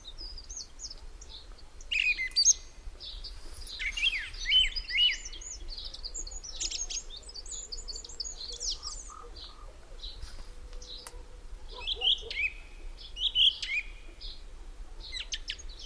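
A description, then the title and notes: A song thrush sings bright, repeated phrases in bursts, strongest around two seconds, four to five seconds and again near twelve to fourteen seconds, with a wren's fast, high trills woven between. A low, steady outdoor rumble sits underneath throughout. Thrush and wren, Peak District. Mainly songthrush, accompanied by a wren. During lockdown. Recorded by Ian Evetts.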